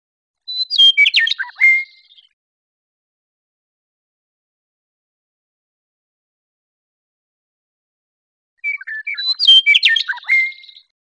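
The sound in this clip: Western meadowlark giving two bright, gurgling phrases of falling whistled notes, separated by about six seconds of silence.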